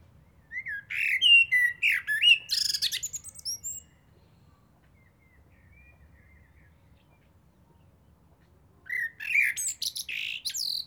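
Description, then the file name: Common blackbird singing a mellow whistled phrase that ends in shrill, scratchy twitters. A long silent pause follows before the next phrase begins. "Turdus merula"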